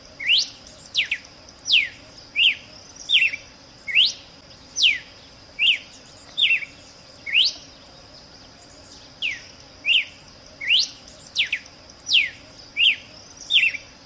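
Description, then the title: Red-cowled cardinal giving a series of slurred whistles, some rising and some falling, some in quick pairs, with a short pause midway and a steady high hum throughout. Female bird; call. "Canto Galo Campina Fêmea. GALO de CAMPINA { chamado }"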